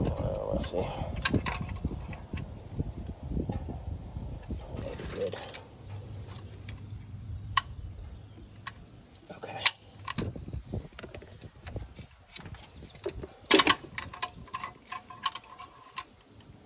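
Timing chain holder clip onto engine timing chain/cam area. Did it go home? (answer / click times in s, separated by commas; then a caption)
no / none. During a cam install on a 2006 Saleen Mustang, a timing chain holder clip is fitted onto the timing chain and cam area at the front of the engine. Someone talks over rustling and metallic handling, with sharp taps near 7.6, 9.7 and 13.5–13.7 seconds. The clip has not seated or clicked yet.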